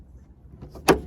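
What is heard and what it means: On a Honda CRX being fitted with new hatch struts, the hatch is held up while the gas strut socket end is pushed onto the hatch ball stud. After a few faint knocks, it pops into place with one sharp, loud click at 0.9 s, and the strut is seated.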